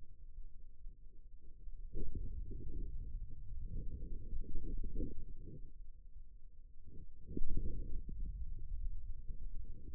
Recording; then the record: forearm muscle sounds (acoustic myography)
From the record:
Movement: hand opening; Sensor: system 2, bracelet of six BSWA MPA416 microphones around the upper forearm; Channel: 4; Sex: male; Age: 22 years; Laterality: right